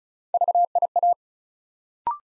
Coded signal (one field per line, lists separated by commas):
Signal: Morse code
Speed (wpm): 36 wpm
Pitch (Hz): 700 Hz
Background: none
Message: VIA